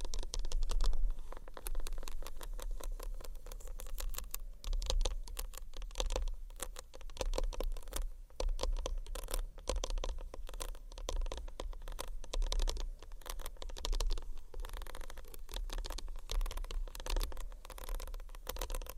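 Small bottles rub and clink against a textured bag in a continuous stream of dense, quick rattling and scraping taps. The crinkly texture stays busy throughout, with brief louder bursts around 5, 8 and 12 seconds, over a faint low rumble.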